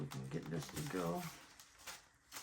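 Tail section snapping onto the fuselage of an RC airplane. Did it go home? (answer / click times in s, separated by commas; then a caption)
yes / 1.6 s. Someone talks while pushing the plastic tail section of a foam FMS 1500mm Cessna 182 RC airplane together onto the fuselage during assembly. A short click at 1.6 s marks the tail seating in place.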